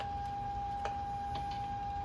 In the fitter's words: you can turn the knob here until you feel it kind of Click into place